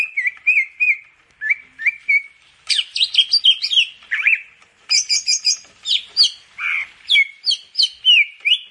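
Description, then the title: Grey-cheeked Bulbul song mixing clear slurred whistles with scratchy, harsh chattering bursts, in quick phrases separated by brief gaps. "Kicau Burung Cucak Jenggot"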